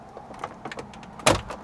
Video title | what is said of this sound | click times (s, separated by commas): Sharp's Garage - Fried Green Tomato - Upgrades - New Radio | just snaps in place. | 1.3 s